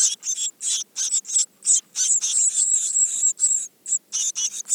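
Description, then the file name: Eurasian blue tit giving rapid harsh, buzzy high notes almost continuously, run together into a churring scold. "Cyanistes caeruleus"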